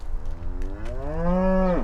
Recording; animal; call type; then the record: contact call of a hoofed animal; cattle; low-frequency (closed-mouth) or high-frequency (open-mouth) call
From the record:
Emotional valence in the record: negative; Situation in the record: full separation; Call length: 1.84 s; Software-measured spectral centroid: 880 Hz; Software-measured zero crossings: 470 a second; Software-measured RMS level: -23 dBFS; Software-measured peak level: -9 dBFS